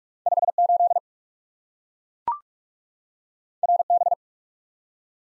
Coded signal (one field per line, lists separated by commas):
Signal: Morse code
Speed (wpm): 44 wpm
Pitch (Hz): 700 Hz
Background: none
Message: 5 8 R B